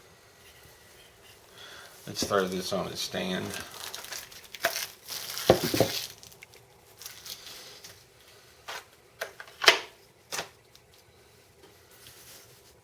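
A plastic model starship is handled and fitted onto its plastic display stand over several attempts, with crinkling and rustling early on while someone talks. Sharp plastic knocks and taps follow, the strongest near 4.7, 5.5, 9.2 and 9.7 seconds. The clip ends before the ship seats, so nothing has clicked into place yet.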